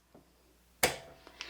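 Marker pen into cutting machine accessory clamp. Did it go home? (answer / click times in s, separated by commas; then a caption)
yes / 0.8 s. A fine-tip plastic marker pen is pushed down into the open accessory clamp of a craft cutting machine. It clicks into place with a sharp, loud click at 0.8 seconds, followed by a few faint ticks. The pen is seated in the clamp.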